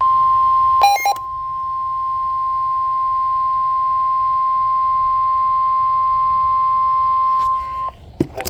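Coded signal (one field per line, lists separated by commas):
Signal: Emergency Alert System (SAME) tones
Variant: 1050 Hz attention tone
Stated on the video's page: EAS severe thunderstorm warning on a NOAA weather radio station.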